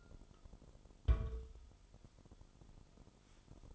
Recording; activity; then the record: daily activity, microphone in the room; place on stove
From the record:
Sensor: 5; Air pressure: 988.4 hPa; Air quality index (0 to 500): 206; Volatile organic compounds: 86 ppm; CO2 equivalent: 3659 ppm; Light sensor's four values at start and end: 47/139/55/59 and 47/139/55/60